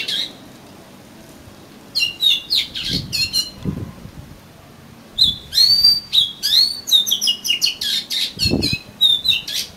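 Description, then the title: Oriental magpie-robin song: bursts of rapid whistled and scratchy notes, with short low thumps between phrases. "Kacer Kacer"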